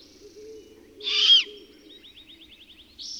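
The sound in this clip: Bird song: a loud burst of notes followed by a rapid high trill, over several soft low hoots, ending with a buzzy high phrase.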